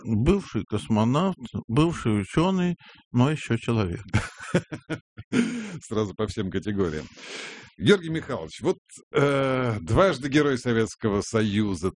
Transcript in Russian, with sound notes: Бывший космонавт, бывший ученый, но еще человек..
(СМЕХ) Сразу по всем категориям. Георгий Михайлович, вот дважды герой Советского Союза.